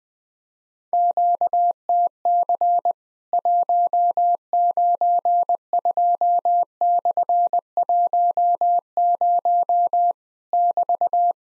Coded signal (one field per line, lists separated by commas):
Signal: Morse code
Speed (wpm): 21 wpm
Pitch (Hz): 700 Hz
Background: none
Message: QTC 192/10 <BT>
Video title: Worked All Europe DX Contest QTC Exchange 20wpm